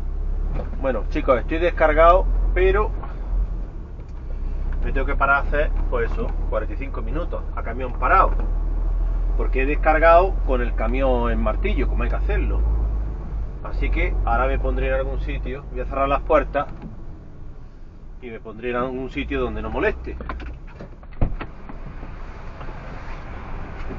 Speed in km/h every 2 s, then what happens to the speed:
3, 5, 6, 7, 7, 9, 11, 12, 12, 5, 0, 0.
0-16 speeds up to 12. 16-19 brakes to 0. 19-24 standing.